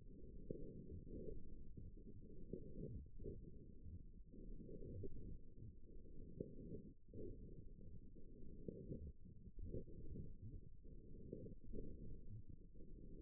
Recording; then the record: forearm muscle sounds (acoustic myography)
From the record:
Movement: forearm supination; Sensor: system 1, eight BSWA MPA416 microphones around the upper forearm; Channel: 7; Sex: female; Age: 21 years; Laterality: right